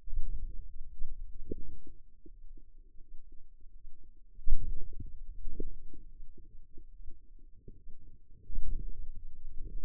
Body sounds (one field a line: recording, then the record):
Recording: forearm muscle sounds (acoustic myography)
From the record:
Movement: hand closing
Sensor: system 2, bracelet of six BSWA MPA416 microphones around the upper forearm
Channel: 2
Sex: female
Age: 23 years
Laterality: right